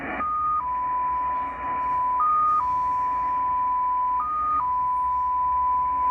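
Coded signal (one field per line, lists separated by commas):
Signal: numbers station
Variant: XPA2 polytone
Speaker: we will be at xpa2 a Russian number station polytown number station that is going to start up so let's uh check out the signal here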